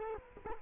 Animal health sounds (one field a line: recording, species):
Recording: mosquito wingbeat signal from an infrared sensor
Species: Culex quinquefasciatus